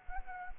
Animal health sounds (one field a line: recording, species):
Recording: mosquito wingbeat signal from an infrared sensor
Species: Anopheles arabiensis